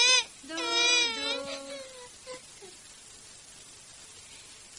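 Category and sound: human body sound, baby crying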